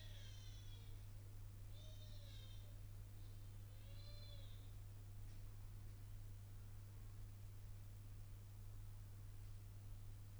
Baby Crying In The Hotel Late At Night Recorded In Hallway.